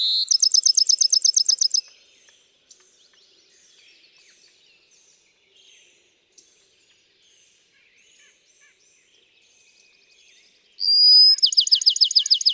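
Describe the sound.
Bachman's sparrow song: a loud, quick trill opens, quiet faint notes fill the middle, then a rising whistle and another fast trill close.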